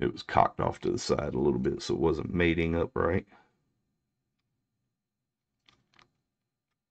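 Someone talks while handling a rebuildable atomizer (RBA) bridge that sat cocked off to the side and wasn't mating up right with the vape device's boro section, and turns it slightly to straighten it. After the talking stops, there is near silence with two faint, brief handling ticks around 5.7 s and 6.0 s. The bridge has not yet seated or clicked into the boro section.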